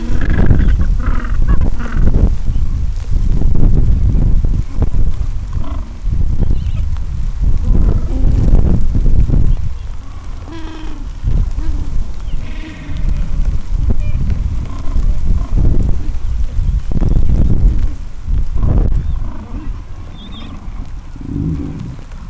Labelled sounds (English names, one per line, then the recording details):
Gentoo Penguin
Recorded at the colony at Gold Harbour, on 26 December 2014
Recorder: Song Meter SM2+